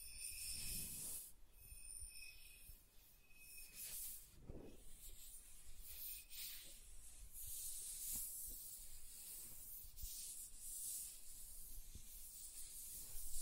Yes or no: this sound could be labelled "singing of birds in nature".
no